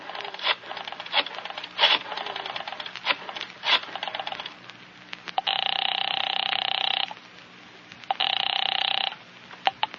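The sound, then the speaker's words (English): A telephone is dialed at 10 o'clock to call Central Publishing, with a rapid series of clicks and short tones, then two long, steady electronic ring bursts sound, separated by a brief pause, with no one speaking. “At 10 o'clock, you pick up the phone again.”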